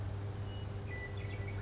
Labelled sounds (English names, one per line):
Western Meadowlark